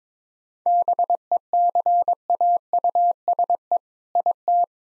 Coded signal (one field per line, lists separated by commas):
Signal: Morse code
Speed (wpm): 22 wpm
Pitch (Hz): 700 Hz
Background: none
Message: BECAUSE IT